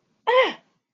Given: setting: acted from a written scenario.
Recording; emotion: vocal sound without words; pain